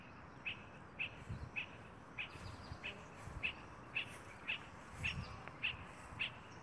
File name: Tricholaema lacrymosa - Spot-flanked Barbet